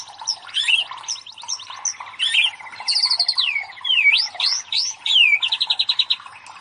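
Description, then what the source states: White-rumped Shama song: sweeping whistled slurs falling and rising, fast trills, and a closing string of rapid repeated notes. Masteran (training recording for cage birds) of murai batu, labaik style of song.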